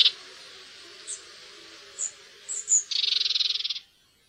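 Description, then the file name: Red-backed shrike calls: a few short, thin high notes, then a fast dry buzzing rattle lasting nearly a second, against faint low hum. "tornskate"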